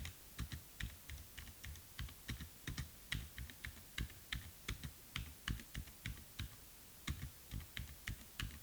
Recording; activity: daily activity, guitar pickup as the sensor; type